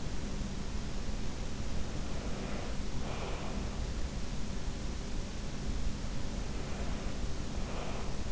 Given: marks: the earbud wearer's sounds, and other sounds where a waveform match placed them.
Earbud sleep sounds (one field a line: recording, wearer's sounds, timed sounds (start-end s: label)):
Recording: sounds in sleep by an in-ear microphone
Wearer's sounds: breath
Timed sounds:
2.02-3.84 s: breath
6.37-8.32 s: breath